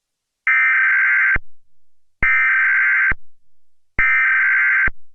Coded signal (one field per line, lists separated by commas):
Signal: Emergency Alert System (SAME) tones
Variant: header bursts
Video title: EAS Mock: 2011 National EAS Test